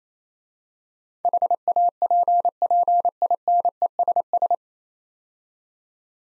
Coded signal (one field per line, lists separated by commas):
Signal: Morse code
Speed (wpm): 28 wpm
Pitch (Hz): 700 Hz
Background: none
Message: HAPPINESS